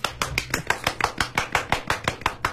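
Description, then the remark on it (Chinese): Steady applause welcoming the guest of a talk show about tea: roughly a dozen sharp, bright hand claps in a quick, even rhythm, moderately loud with no voices over them. “是的，掌声有请我们今天的嘉宾铁观音。”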